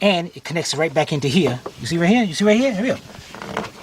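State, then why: Seated. On a 2006 Chevy Express G2500 with the 4.8, a plastic hose retaining clip is pushed back into its mount by the upper radiator hose while someone talks. Quiet handling clicks come at 3.3 and 3.4 seconds before a sharp snap at 3.6 seconds as the clip seats into place.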